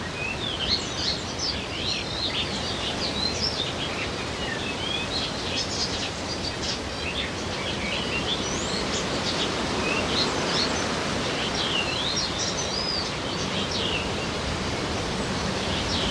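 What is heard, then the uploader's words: Birds sing from the treetops on Strynø, many overlapping chirps and short whistled phrases in a high, bright register throughout. Wind from the ocean rushes through the leaves as a steady, dense hiss, swelling slightly in the second half. It is a sunny morning in June, and we are at Strynø – a Danish island in the South Funen Archipelago. Strynø’s birds singing from the treetops, while wind from the ocean blows through the leaves with shifting intensity. Birds singing from tree tops on Strynø, while wind from the ocean blows through the leaves.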